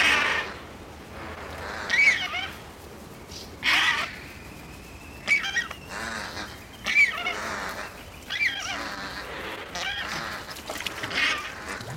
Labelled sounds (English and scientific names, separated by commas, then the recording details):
Andean Flamingo (Phoenicoparrus andinus) call
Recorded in captivity
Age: adult
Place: Zoo Berlin, Berlin, DE
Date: 1991-10-10
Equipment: Nagra SN, Kopie Tesla B 116
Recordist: Tembrock, Günter